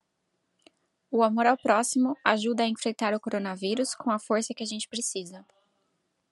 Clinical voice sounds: spoken sentence; Brazilian Portuguese; female; 20 to 29 years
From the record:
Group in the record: control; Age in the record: 27 years

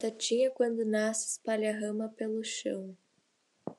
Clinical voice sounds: short text; Brazilian Portuguese; female; 18 to 19 years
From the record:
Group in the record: control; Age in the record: 18 years

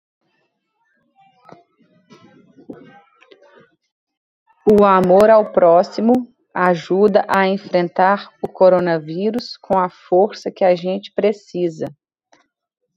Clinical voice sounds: spoken sentence; Brazilian Portuguese; female; 30 to 39 years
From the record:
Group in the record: control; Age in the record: 37 years

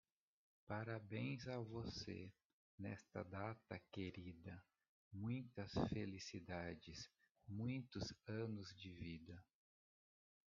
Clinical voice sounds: short text; Brazilian Portuguese; male; 40 to 49 years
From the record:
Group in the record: control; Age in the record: 40 years

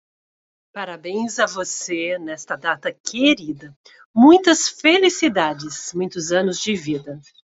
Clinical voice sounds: short text; Brazilian Portuguese; female; 40 to 49 years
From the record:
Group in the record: control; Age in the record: 45 years

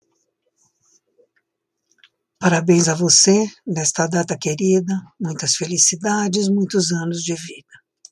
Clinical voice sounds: short text; Brazilian Portuguese; female; 70 to 79 years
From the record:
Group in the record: control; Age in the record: 75 years

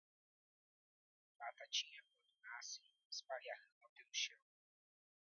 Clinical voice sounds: short text; Brazilian Portuguese; male; 40 to 49 years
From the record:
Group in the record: control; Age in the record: 41 years

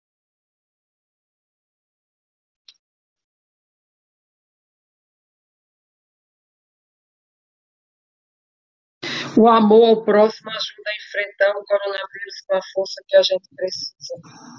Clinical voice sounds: spoken sentence; Brazilian Portuguese; female; 60 to 69 years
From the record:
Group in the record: control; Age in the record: 63 years

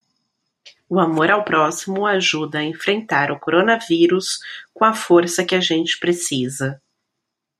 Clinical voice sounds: spoken sentence; Brazilian Portuguese; female; 30 to 39 years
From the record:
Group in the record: control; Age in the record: 36 years

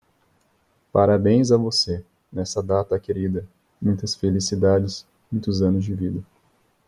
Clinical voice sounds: short text; Brazilian Portuguese; male; 20 to 29 years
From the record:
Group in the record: control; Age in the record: 27 years

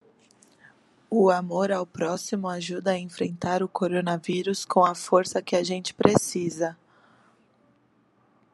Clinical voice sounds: spoken sentence; Brazilian Portuguese; female; 30 to 39 years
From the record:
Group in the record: control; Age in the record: 30 years

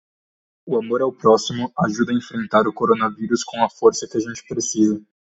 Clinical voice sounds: spoken sentence; Brazilian Portuguese; male; 20 to 29 years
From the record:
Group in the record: control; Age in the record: 21 years

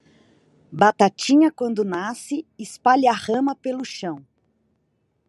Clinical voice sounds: short text; Brazilian Portuguese; female; 40 to 49 years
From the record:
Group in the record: control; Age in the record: 44 years

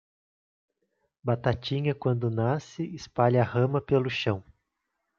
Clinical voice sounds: short text; Brazilian Portuguese; female; 30 to 39 years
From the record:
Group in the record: control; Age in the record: 37 years

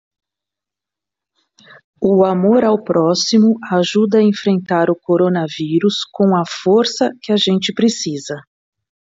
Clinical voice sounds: spoken sentence; Brazilian Portuguese; female; 40 to 49 years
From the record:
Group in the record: control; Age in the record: 49 years

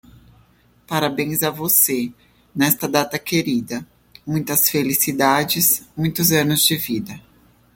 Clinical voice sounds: short text; Brazilian Portuguese; female; 30 to 39 years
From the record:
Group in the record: control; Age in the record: 39 years

